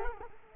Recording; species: mosquito wingbeat signal from an infrared sensor; Culex quinquefasciatus